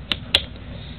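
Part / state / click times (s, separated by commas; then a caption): male and female parts of manacle lock / seated / 0.4 s. The two metal halves of a Palmer manacle's lock, the male and female parts, are pushed together; the manacle wraps around the hand and has a set-screw double lock. A light tick at 0.1 s comes first, then a sharp, louder metallic snap at 0.4 s. After the snap, the manacle is locked up tight.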